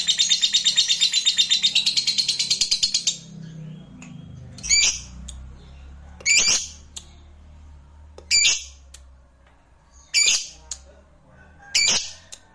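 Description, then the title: Lovebird song: a brief burst of rapid, high twittering, then harsh chirps repeated roughly every two seconds with a faint low hum beneath. "Suara Lovebird"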